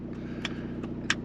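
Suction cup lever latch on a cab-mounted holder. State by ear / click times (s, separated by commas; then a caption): partly seated / 1.1 s. Over a steady low hum in a truck cab, someone works the locking lever of a broken suction-cup holder whose internal spring has come loose, making a few faint clicks before the lever snaps into its locked position at 1.1 s. It latches only lightly and barely presses the cup down when it should clamp firmly.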